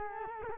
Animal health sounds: mosquito wingbeat signal from an infrared sensor; Culex quinquefasciatus

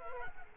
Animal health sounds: mosquito wingbeat signal from an infrared sensor; Culex quinquefasciatus

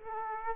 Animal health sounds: mosquito wingbeat signal from an infrared sensor; Aedes aegypti

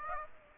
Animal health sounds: mosquito wingbeat signal from an infrared sensor; Aedes aegypti

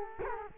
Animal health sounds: mosquito wingbeat signal from an infrared sensor; Culex quinquefasciatus

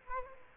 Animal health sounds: mosquito wingbeat signal from an infrared sensor; Culex quinquefasciatus

